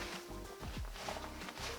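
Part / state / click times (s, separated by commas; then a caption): tent support bow into its mount on a wedge truck camper / not seated / none. A tent support bow is pulled out and moved into position toward its mount on a Harker Outdoors EDC wedge truck camper, with soft handling and shifting sounds over steady background tones. The bow has not snapped into place yet, and no click is heard.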